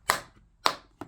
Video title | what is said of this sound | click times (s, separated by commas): Addiesdive AD2023-1QZ Best Could Be Yours with Much Less ! | look at the click sound and | 0.7 s